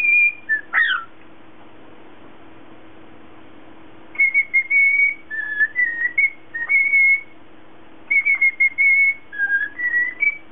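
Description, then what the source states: Cockatiel gives a level whistle and a swooping chirp, falls silent for about three seconds, then whistles two phrases of held and sliding notes. Lutino colour variety.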